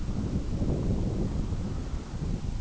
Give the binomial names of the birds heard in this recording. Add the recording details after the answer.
none. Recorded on Arctic tundra, site IGLO-B, on 21 June 2018. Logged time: 15:59